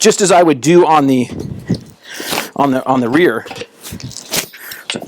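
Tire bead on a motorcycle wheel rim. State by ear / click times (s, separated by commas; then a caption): released / 4.9 s. A front dirt bike tire is worked off its wheel rim with the rotor side up, and someone talks throughout. The rubber bead breaks loose from the metal rim with a sharp pop at 4.9 s, and the tire bead is released.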